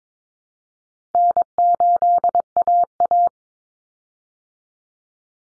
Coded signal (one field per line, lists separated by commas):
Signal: Morse code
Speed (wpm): 22 wpm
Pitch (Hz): 700 Hz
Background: none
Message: N8AA